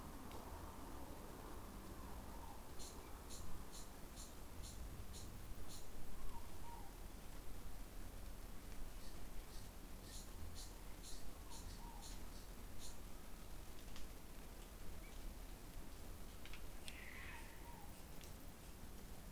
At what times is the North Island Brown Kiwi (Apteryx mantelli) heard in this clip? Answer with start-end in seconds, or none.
none